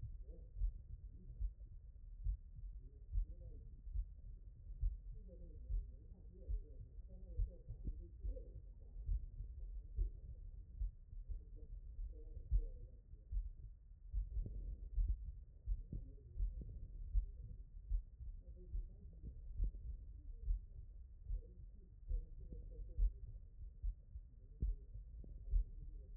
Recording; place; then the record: heart sounds by stethoscope; mitral valve (MV)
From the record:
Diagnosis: non-HFrEF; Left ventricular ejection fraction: 42%